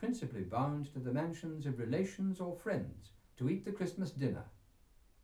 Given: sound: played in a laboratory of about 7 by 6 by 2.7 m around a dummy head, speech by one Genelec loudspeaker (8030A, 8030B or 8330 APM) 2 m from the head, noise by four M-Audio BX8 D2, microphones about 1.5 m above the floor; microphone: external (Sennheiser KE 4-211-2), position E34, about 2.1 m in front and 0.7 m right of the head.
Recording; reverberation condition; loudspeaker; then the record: male speech in English; low; 120 degrees to the right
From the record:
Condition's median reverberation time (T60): about 310 ms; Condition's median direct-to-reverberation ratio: about 3.5 dB